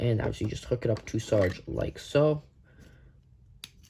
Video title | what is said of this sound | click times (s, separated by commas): DISNEY PIXAR CARS SARGE WITH CANNON | uh you do want to kind of listen for a click just so it's pretty sturdy on there | 3.6 s